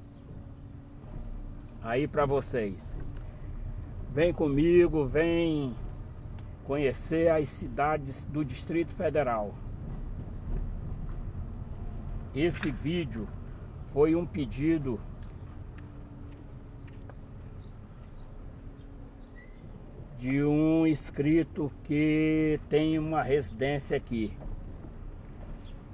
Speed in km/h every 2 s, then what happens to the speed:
12, 13, 13, 12, 13, 14, 13, 12, 10, 6, 7, 10, 12.
0-11 steady at about 13. 11-18 slows to 6. 18-26 speeds up to 12.